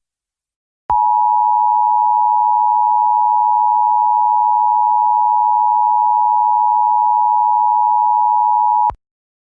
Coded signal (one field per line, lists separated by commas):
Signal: Emergency Alert System (SAME) tones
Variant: 853 and 960 Hz attention tone